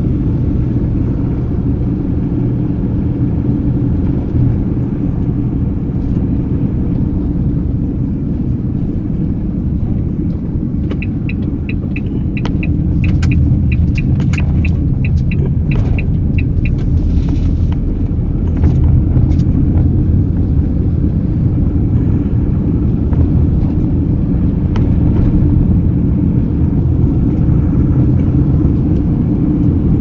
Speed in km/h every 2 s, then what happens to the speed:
38, 39, 39, 35, 31, 30, 24, 25, 28, 34, 36, 38, 40, 43, 45.
0-5 steady at about 39. 5-13 slows to 24. 13-30 speeds up to 45.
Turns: 10-15.